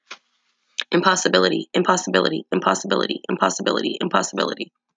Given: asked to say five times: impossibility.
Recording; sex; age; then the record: repeated word; female; 40 to 49 years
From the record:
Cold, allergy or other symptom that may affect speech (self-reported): no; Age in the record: 44 years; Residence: Pennsylvania, United States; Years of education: 15